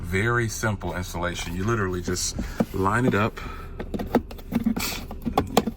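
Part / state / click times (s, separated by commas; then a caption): USB charging hub module into car center console / seated / 5.4 s, 5.6 s. Someone talks as a plastic 45-watt JoWua USB charging hub module is lined up with its slot in the center console of a 2024 Tesla Model Y and pushed in. Sharp clicks at 5.4 s and 5.6 s mark the hub popping into place, seated. Because the fit can't be confirmed by sound alone, its indicator light is checked.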